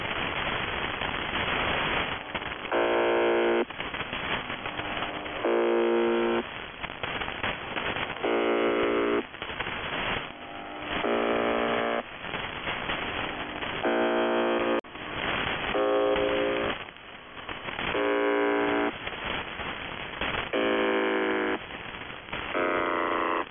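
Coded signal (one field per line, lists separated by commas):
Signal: channel marker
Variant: UVB-76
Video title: [UVB-76, The Buzzer] 1 Day, 5 Breakdowns; 10. June 2020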